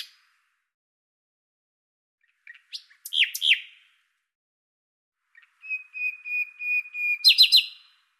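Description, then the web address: Common nightingale song: a few scattered chirps, then a long, steady, pulsing whistle that breaks into a burst of sharp, rapid notes. "Deverinetal 2025"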